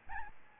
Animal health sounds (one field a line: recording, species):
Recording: mosquito wingbeat signal from an infrared sensor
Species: Aedes albopictus